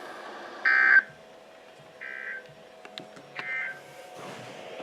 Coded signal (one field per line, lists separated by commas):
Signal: Emergency Alert System (SAME) tones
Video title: July 2017 EAS Compilation